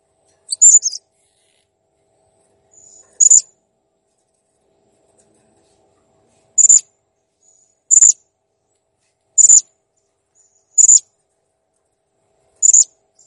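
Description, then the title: Blue-crowned hanging parrot repeating a single sharp, very high squeak at irregular intervals, with faint thin notes between. Master recording for training cage birds; the bird is described as gacor (persistently vocal) and jernih (clear). "Masteran Burung Serindit Masteran Serindit Gacor Jernih"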